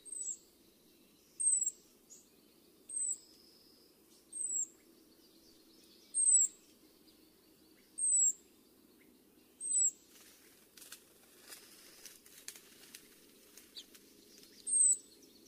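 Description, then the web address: Cedar waxwing calls: very high, thin, lisping notes, each sliding downward, repeated about every one and a half to two seconds, then a gap of about five seconds before a final note, with faint rustling and clicks in the background. Western USA. "Songs of Birds of North America Western USA Songbirds. Cedar Waxwing"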